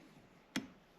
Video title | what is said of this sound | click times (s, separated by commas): HOW TO BUILD THE ULTIMATE HUNTING ARROW 🎯🦌 | audible click that lets us know that we're in place for our second bin | 0.6 s